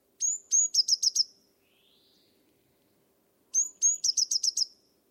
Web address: cianscape birddata Deverinetal 2025 File origin Bird Only Cy Ca